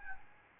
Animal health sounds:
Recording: mosquito wingbeat signal from an infrared sensor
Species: Aedes albopictus

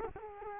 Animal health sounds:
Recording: mosquito wingbeat signal from an infrared sensor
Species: Culex quinquefasciatus

